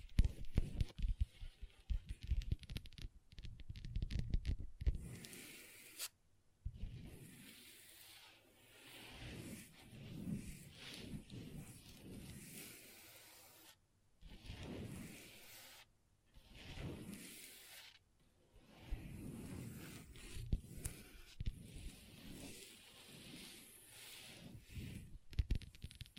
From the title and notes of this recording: ASMR Table Tapping & Scratching with Long Nails (No Talking).